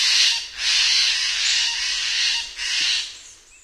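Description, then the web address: Steller's jay giving three drawn-out, rasping, scolding squawks, the first about half a second, the middle about two seconds and the last about a second long. "Songs of Birds of North America Know Your Bird Sounds Common Western Species. Stellers Jay"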